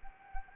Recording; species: mosquito wingbeat signal from an infrared sensor; Anopheles arabiensis